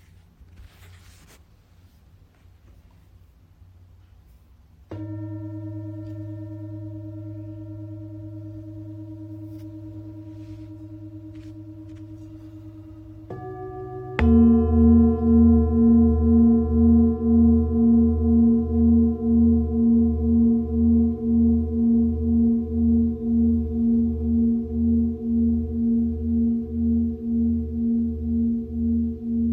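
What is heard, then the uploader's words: A Tibetan singing bowl sounds after a few seconds of faint low rumble and small taps. One bowl is struck near five seconds and rings a steady low tone, then around fourteen seconds a louder strike brings a fuller, deeper ring that pulses and wavers slowly until the end. Tibetan Singiing Bowl のサウンドヒーリングチャンネル LIVE.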